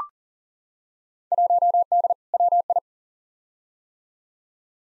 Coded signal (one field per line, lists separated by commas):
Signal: Morse code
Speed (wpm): 40 wpm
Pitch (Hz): 700 Hz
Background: none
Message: 1D WI